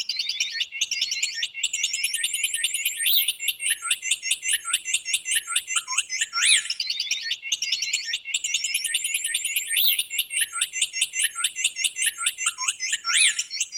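Bird chirping: a dense, continuous stream of high, rapid twittering notes, with louder sharp rising squeaks breaking through every few seconds.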